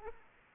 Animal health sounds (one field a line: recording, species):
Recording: mosquito wingbeat signal from an infrared sensor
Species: Aedes aegypti